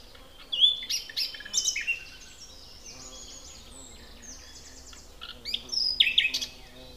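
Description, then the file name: Common nightingale song with bursts of loud whistles and rattling notes at start and end, separated by quieter, softer notes. "Luscinia megarhynchos"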